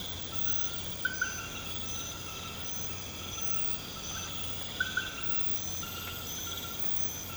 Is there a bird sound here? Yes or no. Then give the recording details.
no. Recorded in pastures near Puerto Asís, Putumayo, Colombia, on 24 March 2025 at 00:30. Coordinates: 0.472, -76.329. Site G074